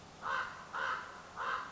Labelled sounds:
Common Raven
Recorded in Sonoma County, California

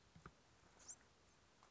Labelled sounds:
Bewick's Wren
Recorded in Sonoma County, California

